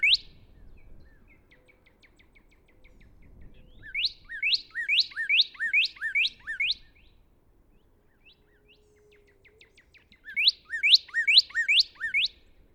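Northern cardinal singing two phrases of several rapid, sharp whistled notes, separated by a quiet gap.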